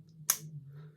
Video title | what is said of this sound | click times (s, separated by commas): YABIFE 40 Precisions Beard Trimmer for Men Review | and once they click into place cuz you'll hear them | 0.3 s